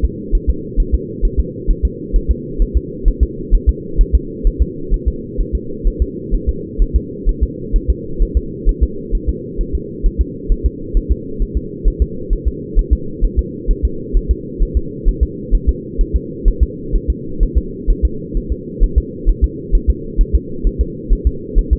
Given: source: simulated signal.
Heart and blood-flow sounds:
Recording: fetal heart sounds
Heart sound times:
0.05 s: S2
0.35 s: S1
0.49 s: S2
0.80 s: S1
0.95 s: S2
1.25 s: S1
1.40 s: S2
1.70 s: S1
1.85 s: S2
2.16 s: S1
2.31 s: S2
2.62 s: S1
2.77 s: S2
3.08 s: S1
3.23 s: S2
3.55 s: S1
3.69 s: S2
4.01 s: S1
4.15 s: S2
4.47 s: S1
4.62 s: S2
4.94 s: S1
5.08 s: S2
5.41 s: S1
5.55 s: S2
5.88 s: S1
6.02 s: S2
6.35 s: S1
6.49 s: S2
6.82 s: S1
6.96 s: S2
7.29 s: S1
7.43 s: S2
7.76 s: S1
7.90 s: S2
8.23 s: S1
8.37 s: S2
8.69 s: S1
8.83 s: S2
9.15 s: S1
9.29 s: S2
9.61 s: S1
9.75 s: S2
10.06 s: S1
10.21 s: S2
10.52 s: S1
10.66 s: S2
10.97 s: S1
11.12 s: S2
11.42 s: S1
11.57 s: S2
11.88 s: S1
12.02 s: S2
12.33 s: S1
12.48 s: S2
12.79 s: S1
12.93 s: S2
13.25 s: S1
13.39 s: S2
13.71 s: S1
13.85 s: S2
14.17 s: S1
14.31 s: S2
14.63 s: S1
14.77 s: S2
15.09 s: S1
15.23 s: S2
15.55 s: S1
15.69 s: S2
16.01 s: S1
16.16 s: S2
16.48 s: S1
16.63 s: S2
16.96 s: S1
17.10 s: S2
17.43 s: S1
17.58 s: S2
17.90 s: S1
18.05 s: S2
18.37 s: S1
18.52 s: S2
18.84 s: S1
18.98 s: S2
19.29 s: S1
19.44 s: S2
19.75 s: S1
19.90 s: S2
20.21 s: S1
20.35 s: S2
20.67 s: S1
20.81 s: S2
21.13 s: S1
21.27 s: S2
21.59 s: S1
21.73 s: S2
From the record:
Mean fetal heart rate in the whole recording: 130 bpm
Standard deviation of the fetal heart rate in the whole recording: 2 bpm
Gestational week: 38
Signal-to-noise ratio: -4.3 dB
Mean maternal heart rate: 72 bpm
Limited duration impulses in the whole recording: absent

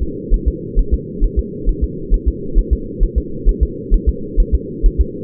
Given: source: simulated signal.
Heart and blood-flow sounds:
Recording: fetal heart sounds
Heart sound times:
0.03 s: S2
0.34 s: S1
0.48 s: S2
0.79 s: S1
0.94 s: S2
1.24 s: S1
1.39 s: S2
1.69 s: S1
1.84 s: S2
2.14 s: S1
2.28 s: S2
2.59 s: S1
2.73 s: S2
3.04 s: S1
3.18 s: S2
3.49 s: S1
3.63 s: S2
3.94 s: S1
4.09 s: S2
4.40 s: S1
4.55 s: S2
4.86 s: S1
5.01 s: S2
From the record:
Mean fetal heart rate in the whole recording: 130 bpm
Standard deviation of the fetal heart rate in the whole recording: 2 bpm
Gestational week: 38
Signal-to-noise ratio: -4.3 dB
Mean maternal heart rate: 72 bpm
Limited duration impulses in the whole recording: absent

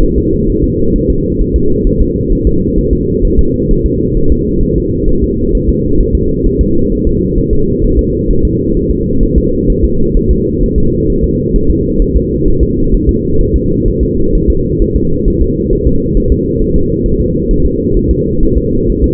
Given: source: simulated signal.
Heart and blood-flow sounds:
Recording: fetal heart sounds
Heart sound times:
0.03 s: S1
0.18 s: S2
0.49 s: S1
0.64 s: S2
0.96 s: S1
1.10 s: S2
1.41 s: S1
1.56 s: S2
1.87 s: S1
2.01 s: S2
2.33 s: S1
2.47 s: S2
2.78 s: S1
2.93 s: S2
3.25 s: S1
3.39 s: S2
3.71 s: S1
3.85 s: S2
4.17 s: S1
4.32 s: S2
4.63 s: S1
4.78 s: S2
5.09 s: S1
5.24 s: S2
5.55 s: S1
5.69 s: S2
6.00 s: S1
6.15 s: S2
6.46 s: S1
6.61 s: S2
6.92 s: S1
7.07 s: S2
7.38 s: S1
7.53 s: S2
7.84 s: S1
7.99 s: S2
8.31 s: S1
8.45 s: S2
8.77 s: S1
8.91 s: S2
9.23 s: S1
9.38 s: S2
9.70 s: S1
9.84 s: S2
10.17 s: S1
10.31 s: S2
10.63 s: S1
10.78 s: S2
11.10 s: S1
11.24 s: S2
11.56 s: S1
11.70 s: S2
12.02 s: S1
12.16 s: S2
12.48 s: S1
12.63 s: S2
12.95 s: S1
13.09 s: S2
13.41 s: S1
13.56 s: S2
13.88 s: S1
14.03 s: S2
14.35 s: S1
14.50 s: S2
14.82 s: S1
14.96 s: S2
15.28 s: S1
15.42 s: S2
15.73 s: S1
15.87 s: S2
16.17 s: S1
16.32 s: S2
16.62 s: S1
16.76 s: S2
17.06 s: S1
17.21 s: S2
17.51 s: S1
17.66 s: S2
17.97 s: S1
18.11 s: S2
18.43 s: S1
18.57 s: S2
18.90 s: S1
19.04 s: S2
From the record:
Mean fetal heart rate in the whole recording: 130 bpm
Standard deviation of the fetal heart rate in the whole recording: 4 bpm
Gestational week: 38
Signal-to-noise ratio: -16.4 dB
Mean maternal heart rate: 72 bpm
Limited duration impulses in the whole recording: present

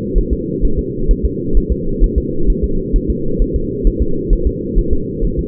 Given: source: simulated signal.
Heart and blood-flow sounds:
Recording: fetal heart sounds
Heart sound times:
0.18 s: S1
0.33 s: S2
0.65 s: S1
0.79 s: S2
1.11 s: S1
1.25 s: S2
1.57 s: S1
1.72 s: S2
2.04 s: S1
2.18 s: S2
2.50 s: S1
2.64 s: S2
2.96 s: S1
3.10 s: S2
3.42 s: S1
3.56 s: S2
3.87 s: S1
4.02 s: S2
4.33 s: S1
4.47 s: S2
4.79 s: S1
4.93 s: S2
5.25 s: S1
5.39 s: S2
From the record:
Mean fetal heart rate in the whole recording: 130 bpm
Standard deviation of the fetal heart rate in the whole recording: 2 bpm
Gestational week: 38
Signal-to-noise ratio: -8.1 dB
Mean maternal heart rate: 72 bpm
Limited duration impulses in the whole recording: absent

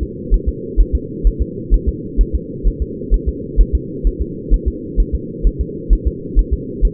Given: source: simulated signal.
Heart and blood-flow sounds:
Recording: fetal heart sounds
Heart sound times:
0.03 s: S2
0.34 s: S1
0.49 s: S2
0.80 s: S1
0.95 s: S2
1.27 s: S1
1.42 s: S2
1.74 s: S1
1.88 s: S2
2.21 s: S1
2.35 s: S2
2.67 s: S1
2.82 s: S2
3.14 s: S1
3.28 s: S2
3.60 s: S1
3.75 s: S2
4.07 s: S1
4.22 s: S2
4.54 s: S1
4.68 s: S2
5.00 s: S1
5.15 s: S2
5.47 s: S1
5.61 s: S2
5.93 s: S1
6.07 s: S2
6.39 s: S1
6.53 s: S2
6.85 s: S1
From the record:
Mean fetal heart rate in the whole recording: 130 bpm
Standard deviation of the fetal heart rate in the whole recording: 2 bpm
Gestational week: 36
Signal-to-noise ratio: -4.1 dB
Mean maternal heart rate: no maternal heart sound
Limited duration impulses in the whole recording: absent

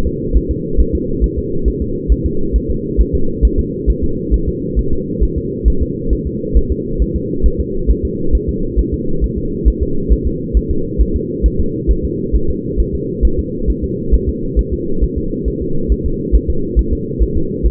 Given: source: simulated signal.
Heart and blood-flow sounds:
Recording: fetal heart sounds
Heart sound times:
0.07 s: S2
0.37 s: S1
0.51 s: S2
0.80 s: S1
0.95 s: S2
1.24 s: S1
1.38 s: S2
1.68 s: S1
1.82 s: S2
2.12 s: S1
2.26 s: S2
2.56 s: S1
2.70 s: S2
3.00 s: S1
3.15 s: S2
3.45 s: S1
3.59 s: S2
3.90 s: S1
4.04 s: S2
4.34 s: S1
4.48 s: S2
4.79 s: S1
4.93 s: S2
5.23 s: S1
5.38 s: S2
5.68 s: S1
5.82 s: S2
6.13 s: S1
6.27 s: S2
6.57 s: S1
6.72 s: S2
7.02 s: S1
7.16 s: S2
7.46 s: S1
7.60 s: S2
7.90 s: S1
8.05 s: S2
8.35 s: S1
8.49 s: S2
8.79 s: S1
8.94 s: S2
9.24 s: S1
9.38 s: S2
9.68 s: S1
9.82 s: S2
10.12 s: S1
10.27 s: S2
10.57 s: S1
10.71 s: S2
11.01 s: S1
11.16 s: S2
11.46 s: S1
11.60 s: S2
11.91 s: S1
12.05 s: S2
12.35 s: S1
12.50 s: S2
12.80 s: S1
12.95 s: S2
13.25 s: S1
13.39 s: S2
13.70 s: S1
13.84 s: S2
14.14 s: S1
14.29 s: S2
14.59 s: S1
14.73 s: S2
15.03 s: S1
15.18 s: S2
15.48 s: S1
15.62 s: S2
15.92 s: S1
16.06 s: S2
16.35 s: S1
16.50 s: S2
16.79 s: S1
16.93 s: S2
17.22 s: S1
17.37 s: S2
17.66 s: S1
From the record:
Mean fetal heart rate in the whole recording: 135 bpm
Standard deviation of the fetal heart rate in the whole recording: 3 bpm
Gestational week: 34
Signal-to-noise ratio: -8.1 dB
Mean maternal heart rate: 72 bpm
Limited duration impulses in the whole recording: absent

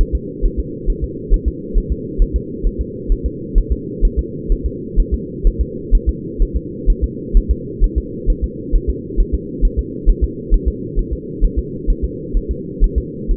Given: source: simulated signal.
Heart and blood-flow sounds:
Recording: fetal heart sounds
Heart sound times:
0.01 s: S1
0.15 s: S2
0.45 s: S1
0.59 s: S2
0.90 s: S1
1.04 s: S2
1.34 s: S1
1.48 s: S2
1.78 s: S1
1.92 s: S2
2.22 s: S1
2.36 s: S2
2.67 s: S1
2.81 s: S2
3.12 s: S1
3.26 s: S2
3.58 s: S1
3.72 s: S2
4.05 s: S1
4.19 s: S2
4.52 s: S1
4.66 s: S2
5.00 s: S1
5.14 s: S2
5.47 s: S1
5.61 s: S2
5.95 s: S1
6.09 s: S2
6.42 s: S1
6.57 s: S2
6.90 s: S1
7.04 s: S2
7.37 s: S1
7.51 s: S2
7.84 s: S1
7.98 s: S2
8.30 s: S1
8.44 s: S2
8.75 s: S1
8.89 s: S2
9.20 s: S1
9.34 s: S2
9.65 s: S1
9.79 s: S2
10.10 s: S1
10.24 s: S2
10.54 s: S1
10.68 s: S2
10.99 s: S1
11.13 s: S2
11.44 s: S1
11.58 s: S2
11.90 s: S1
12.04 s: S2
12.37 s: S1
12.51 s: S2
12.84 s: S1
12.98 s: S2
13.31 s: S1
From the record:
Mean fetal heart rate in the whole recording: 130 bpm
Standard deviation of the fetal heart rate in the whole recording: 4 bpm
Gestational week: 38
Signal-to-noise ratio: -4.1 dB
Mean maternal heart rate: no maternal heart sound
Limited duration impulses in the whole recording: absent

